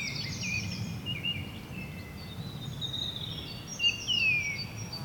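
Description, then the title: Birds calling with thin high whistles and short chirps, scattered throughout over a steady low rumble. Bird ambience at Rue du Rossignol, Seneffe, Belgium; recorded with Sony PCM-D100 internal microphones. "Rue du Rossignol 7, 7180 Seneffe, Belgique - Birds ambience"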